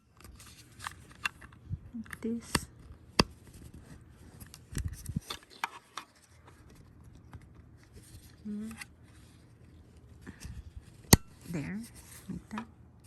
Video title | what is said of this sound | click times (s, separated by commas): RADIO COMMUNICATION I MIDLAND USA MY FIRST 2 WAY RADIO Off-road Gear | you hear the snap | 11.1 s